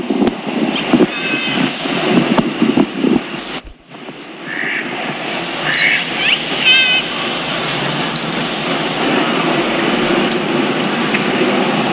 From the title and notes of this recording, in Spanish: Sonidos de Mexicali: La Laguna México. Sonido ambiental de una mañana en la laguna. El viento, las aves, el agua.